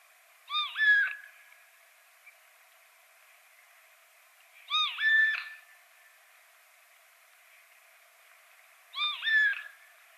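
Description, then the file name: Eurasian jay calling with drawn-out, tonal mewing notes in two parts, repeated three times roughly every four seconds against a soft steady hiss. "Garrulus glandarius"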